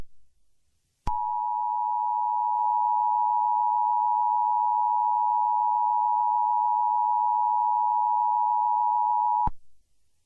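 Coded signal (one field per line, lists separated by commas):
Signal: Emergency Alert System (SAME) tones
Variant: 853 and 960 Hz attention tone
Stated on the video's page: Fictional EAS scenario with SAME tones about World War 3.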